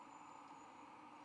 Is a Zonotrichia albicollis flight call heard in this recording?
no